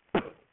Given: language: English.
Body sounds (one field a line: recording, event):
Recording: throat vibration sensor signal played as sound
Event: cough